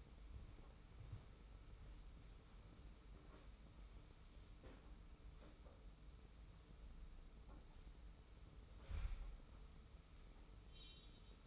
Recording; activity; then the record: daily activity, microphone in the room; sweep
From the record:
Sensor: 1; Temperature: 25.3 degrees Celsius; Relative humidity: 41.5%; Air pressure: 991.4 hPa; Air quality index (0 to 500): 127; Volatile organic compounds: 318 ppm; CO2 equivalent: 4520 ppm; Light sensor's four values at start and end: 43/131/52/54 and 43/130/52/54